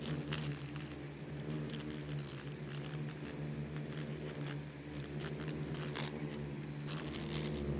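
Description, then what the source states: Insect swarm humming, a dense low buzz broken by frequent crisp ticks and tapping sounds. Bugs and beetles swarming in the Namib desert, which seems quiet at first listen but is full of micro-sounds.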